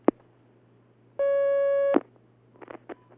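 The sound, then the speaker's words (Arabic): A telephone line tone as a caller's question comes in on a phone-in question session: one steady, buzzy electronic beep lasting under a second, bracketed by sharp clicks and followed by a few soft line crackles. No one speaks. “هناك مكالمة.”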